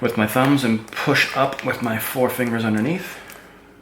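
The top half of a replacement plastic headband for Bose V4 QuietComfort 15 (QC15) and QuietComfort 2 (QC2) headphones is lined up with the bottom half and pressed together with thumbs and fingers underneath. Someone talks throughout. Nothing has clicked or seated yet; the headband clips have not snapped into place by the end.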